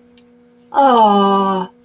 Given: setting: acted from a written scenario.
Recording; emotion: vocal sound without words; adoration